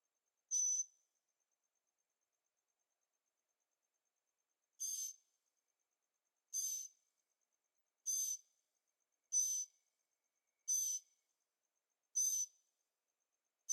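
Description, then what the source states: Bird calls, one high buzzy burst, a long silence, then seven more sharp high bursts at fairly even intervals. Birds singing at night in Carefree, Arizona; recorded with a Zoom H6 and stereo microphones.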